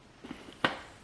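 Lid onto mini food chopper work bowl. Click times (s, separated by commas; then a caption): 0.7 s. A plastic lid is put onto the work bowl of a KitchenAid 3.5 mini food chopper (KFC3516CU) and turned until it locks. Faint handling scrapes come first, then a sharp click at 0.6 s as the lid seats, followed by another handling knock near the end.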